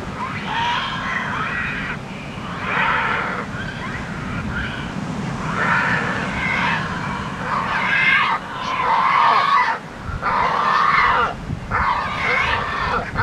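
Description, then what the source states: Pelican squawks: loud, harsh screeching bursts about a second long, several birds calling together over a low rumble. Pelican nesting colony soundscape on Isla Iguana, October 2005.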